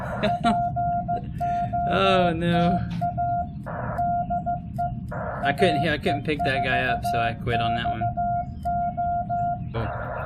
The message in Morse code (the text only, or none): POTA DE AE4XO